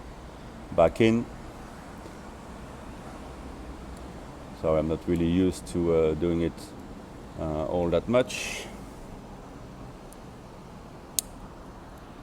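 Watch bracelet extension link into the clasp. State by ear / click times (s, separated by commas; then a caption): seated / 11.2 s. Someone folds the Easylink extension link of a steel watch bracelet back into the clasp while talking over a low steady background hum. A sharp metallic click at 11.2 s marks the link seating in the clasp.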